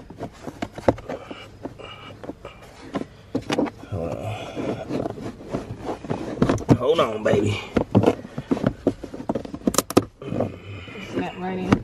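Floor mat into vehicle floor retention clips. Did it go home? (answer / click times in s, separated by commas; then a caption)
partly / 9.9 s. A rubber floor mat, first fitted the wrong way, is pushed onto the vehicle's floor retention clips while someone talks, with scattered knocks and rustling throughout. A sharp click at 9.9 s is the only snap, and the mat clips in on one side only, not all the way.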